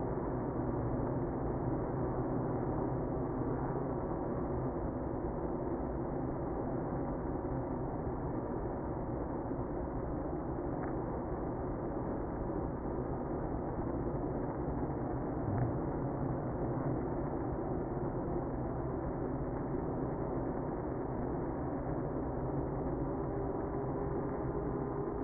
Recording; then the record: honeybee colony, microphone inside the hive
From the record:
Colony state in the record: queenless (queen removed); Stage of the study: after two queens were removed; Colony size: about 60,000 bees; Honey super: yes